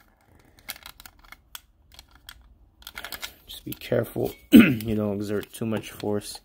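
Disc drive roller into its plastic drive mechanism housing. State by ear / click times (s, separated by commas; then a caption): not seated / none. Someone pushes down on the plastic roller assembly of a PS4 CUH-1200 disc drive, pressing it into its plastic drive mechanism housing during reassembly. Faint, sharp ticks and handling noises are heard while someone talks. The roller has not seated or clicked into place yet.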